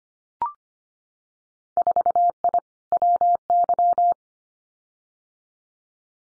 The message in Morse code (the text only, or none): 4I WY